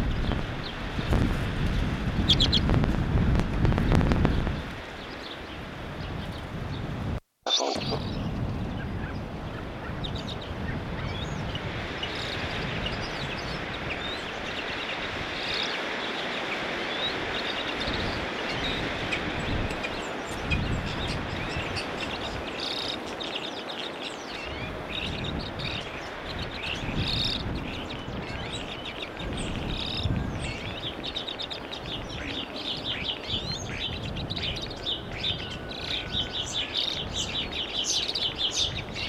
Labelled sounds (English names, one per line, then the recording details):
Common Redpoll call
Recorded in the wild
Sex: male
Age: adult
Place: Kuchelmiß, Mecklenburg-Vorpommern, DE
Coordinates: 53.667, 12.347
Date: 1978-05-01
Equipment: Nagra III BH, Sennheiser MD 21, parabola
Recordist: Schubert, Michael